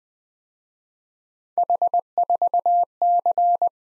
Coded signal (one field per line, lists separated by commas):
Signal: Morse code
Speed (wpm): 21 wpm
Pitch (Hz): 700 Hz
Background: none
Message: H4C